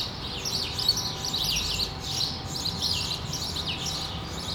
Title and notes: Rue de l'épargne, Bruxelles, Bruxelles-Capitale, Belgique - World Sparrow Day. Sparrows - moineaux